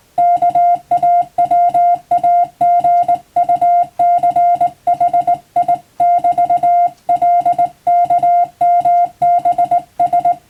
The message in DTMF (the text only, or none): none